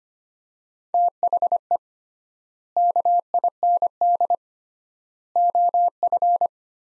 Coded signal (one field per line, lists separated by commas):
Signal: Morse code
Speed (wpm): 25 wpm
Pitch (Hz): 700 Hz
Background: none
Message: THE KIND OF